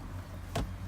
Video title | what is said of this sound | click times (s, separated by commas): Steve’s 200 Series Landcruiser | just down here we have satisfying click to reveal your two cupholders this | 0.6 s